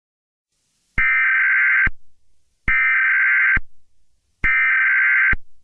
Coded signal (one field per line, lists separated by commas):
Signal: Emergency Alert System (SAME) tones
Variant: header bursts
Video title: EAS Scenario #6: Jeff the Killer.